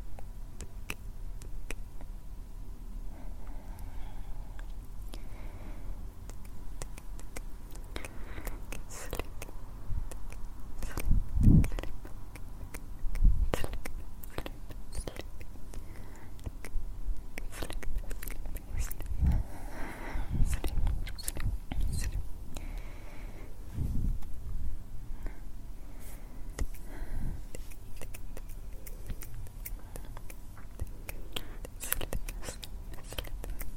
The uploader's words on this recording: ASMR Intense Layered Sounds + Closeup Hands movements.